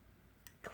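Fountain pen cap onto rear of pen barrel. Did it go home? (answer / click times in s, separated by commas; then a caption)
yes / 0.5 s, 0.7 s. The metal cap of a Lamy Studio Palladium fountain pen is pushed onto the back end of its barrel to post it. A quiet room tone is broken by a short, bright tick at 0.5 s and then a fuller, slightly longer snap at 0.7 s. The cap seats solidly on the barrel.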